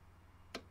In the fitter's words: and there you heard it snap in and now we're going to go ahead and do the top